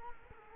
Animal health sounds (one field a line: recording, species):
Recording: mosquito wingbeat signal from an infrared sensor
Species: Culex quinquefasciatus